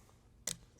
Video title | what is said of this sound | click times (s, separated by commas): Freefly MōVI M5 Overview | quick release just snaps into place super super easy to change a battery held securely | 0.5 s